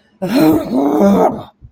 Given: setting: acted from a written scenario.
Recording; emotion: vocal sound without words; anger